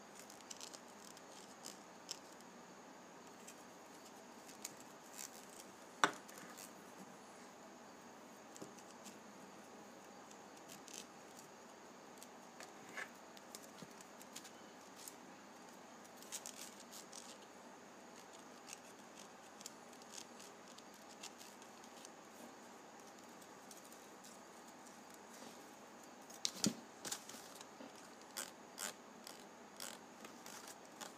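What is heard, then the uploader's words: A penny's ridged edge being rubbed, making a steady, dense bed of fine scraping with countless small ticks and clicks running throughout. A sharp louder click lands around six seconds, and a brief cluster of stronger snaps comes near twenty-six seconds. ASMR Penny Ridge Rubbing.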